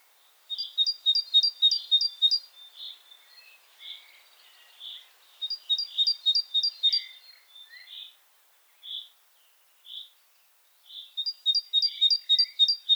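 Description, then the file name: Great tit song in three bouts of rapid, evenly spaced two-note phrases, with scattered single whistled notes and lower chirps filling the gaps between bouts. "Parus major"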